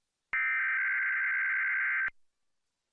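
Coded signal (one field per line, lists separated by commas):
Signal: Emergency Alert System (SAME) tones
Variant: header bursts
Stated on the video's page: San Francisco Required Monthly Test recorded from NBC television station broadcast.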